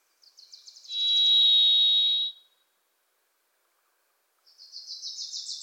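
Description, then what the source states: Varied thrush holding a smooth, buzzy whistled tone, with a Wilson's Warbler's rapid chattering trills before and after. Pacific Northwest forest; a Wilson's Warbler sings alongside, as if urging the thrush to come forward.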